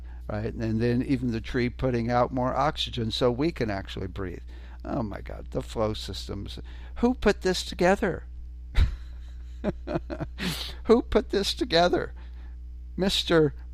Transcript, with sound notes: right? And then, then even the tree putting out more oxygen so we can actually breathe. Oh my God, the flow systems. Who put this together? (laughs) Who put this together? Mr.,